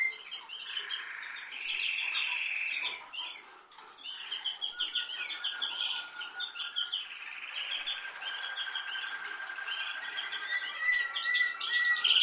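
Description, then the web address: Canary song: phrases of chirps, buzzy rolls and short trills, with a clearer high trill near the end. "Golchin Best Canari Seda Canari. Niyaz Music)"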